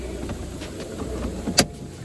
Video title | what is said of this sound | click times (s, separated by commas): New Car Ford KA Walkaround 1 Of The Best First Cars To Buy Android Headunit Install Repairing Damage | There we go. One click there. | 1.6 s